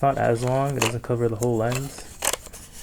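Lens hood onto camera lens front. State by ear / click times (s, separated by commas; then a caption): seated / 2.3 s. A bayonet lens hood is put onto the front of a camera prime lens while someone talks. A short burst of sharp plastic clicks follows around 2.3 s, and the hood snaps into place at 2.3 s.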